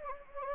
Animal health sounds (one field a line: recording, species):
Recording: mosquito wingbeat signal from an infrared sensor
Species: Anopheles gambiae